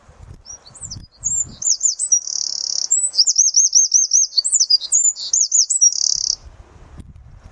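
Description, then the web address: Bird calls: a long run of high, thin chirps and looping trilled notes with two brief steady buzzy notes, lasting several seconds, with low rumbling at the start and end. "cianscape birddata Deverinetal 2025"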